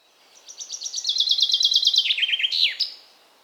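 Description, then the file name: Common chaffinch song: a rapid series of notes dropping in steps, ending in a short flourish. "Fringilla coelebs"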